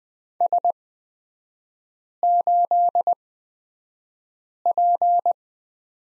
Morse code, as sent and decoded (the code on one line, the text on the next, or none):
... ---.. .--.
S8P